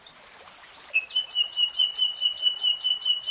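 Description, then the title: Nightingale song: a long steady whistle overlaid by quick repeated pulses. Real-time recording, three hours long. "[Tiếng chim hót] REALTIME Nightingale Singing"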